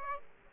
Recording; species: mosquito wingbeat signal from an infrared sensor; Aedes aegypti